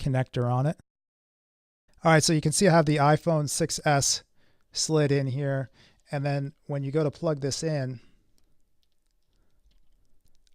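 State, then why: Not seated. Someone talks while a 3.5 mm TRRS plug on a Rode VideoMicro mic cable is pushed into the headphone jack of an iPhone 6s sitting in a thick lens case. Only faint, quiet ticks follow near the end, and the plug has not clicked or seated yet; the case prevents the click that happens without it, so it has to be pushed hard.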